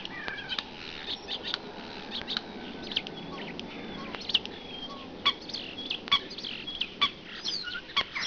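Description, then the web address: Common starling calls, thin sharp whistles and squeaks over soft chatter, punctuated by sudden loud clicks in the second half. Recorded in a park. "park voegel star"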